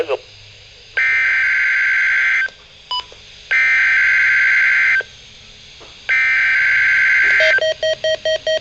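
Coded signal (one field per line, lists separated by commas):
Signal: Emergency Alert System (SAME) tones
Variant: header bursts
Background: speech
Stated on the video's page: NOAA weather radio required weekly tests.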